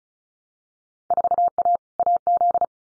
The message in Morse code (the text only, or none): 4A AZ